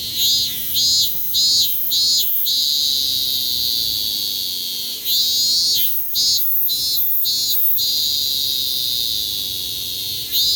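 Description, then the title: Cicada song: a quick series of buzzy high pulses, a stretch of steady drone, then another run of rapid pulses. "Zikade"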